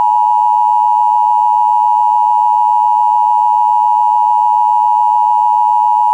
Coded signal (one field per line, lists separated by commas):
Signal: Emergency Alert System (SAME) tones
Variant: 853 and 960 Hz attention tone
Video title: OK SVR EAS #161